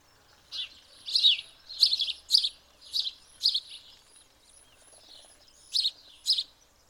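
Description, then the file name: House sparrow giving a series of chirps, about two per second for several seconds, then a pause, then two more chirps. "Passer domesticus"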